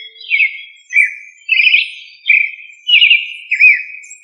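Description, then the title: Thrush song: short fluty whistled phrases, some with a trilled warble, repeated roughly every two-thirds of a second. "Familia Turdidae - Sabia"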